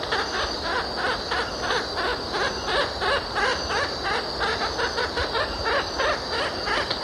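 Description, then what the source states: Oilbird calls: harsh, rasping screeches pulsing steadily about three times a second over a dense, hissing wall of sound. Recorded in Ecuador.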